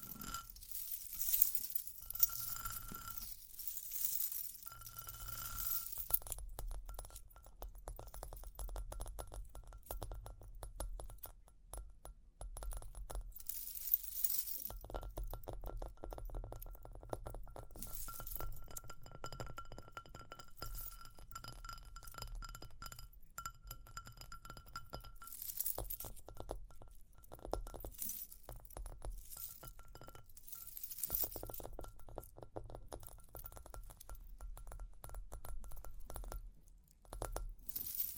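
Tapping, scratching and ear-cleaning sounds mixed with jingling, with repeated short bright clinks like glass or coins in the first few seconds and again around the middle. Dense, uneven scratching runs throughout over a low steady rumble, with brief pauses near 14 and 37 seconds.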